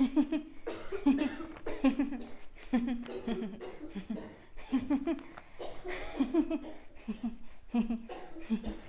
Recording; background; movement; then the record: laughter; a bystander coughing; walking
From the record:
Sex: female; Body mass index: 22.6 kg/m2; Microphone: on the chest, facing outward